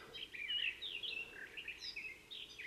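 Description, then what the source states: Garden warbler singing a soft, continuous warble of quick slurred notes against a steady background hiss. Encounter with the bird; discreet in plumage but a marvellous singer.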